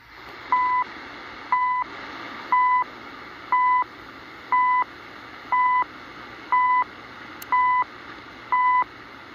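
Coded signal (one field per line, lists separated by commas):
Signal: radio time signal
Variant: CHU Canada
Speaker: That's CHU Canada on 14.670 MHz from Ottawa, Ontario, and Canada with 3 kW of power.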